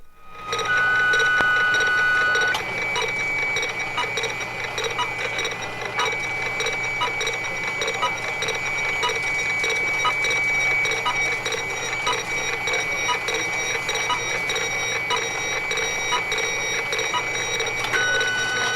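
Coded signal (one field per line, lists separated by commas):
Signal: fax machine handshake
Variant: 1960s analog fax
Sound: steady whistling tone shifts higher and holds, with crackles and clicks, then drops back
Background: vinyl crackle, low hum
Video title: 1960's Fax Machine Sending Photo Sound Effect Royalty Free SFX Vintage Vinyl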